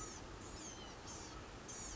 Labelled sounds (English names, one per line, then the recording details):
Blue-gray Gnatcatcher
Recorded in Sonoma County, California